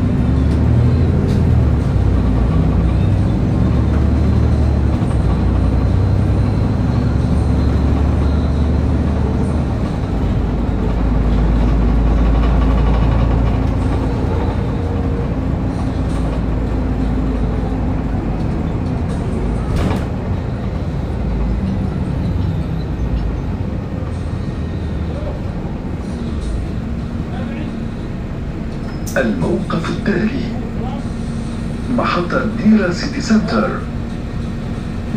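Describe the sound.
A bus ride with a steady, heavy low engine rumble and a constant hum running through the whole stretch. Faint voices come and go beneath it, and around the half-minute mark a brief burst of brighter clatter and chatter rises over the drone.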